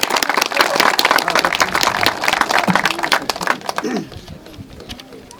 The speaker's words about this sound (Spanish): Y para ello, un fuerte aplauso, queridos vecinos,